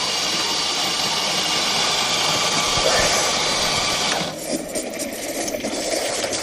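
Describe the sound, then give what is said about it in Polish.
An espresso machine's steam wand hisses loudly and steadily over a low mechanical hum as milk is frothed for a latte made with freshly ground coffee, then drops to a softer, gurgling hiss near the end. “Mamy przepyszną kawę, świeżo mieloną. Z ekspresu i najlepszą w mieście kawę latte.”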